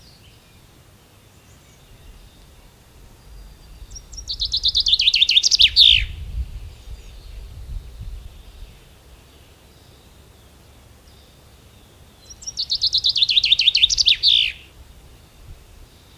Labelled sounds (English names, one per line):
Common Chaffinch song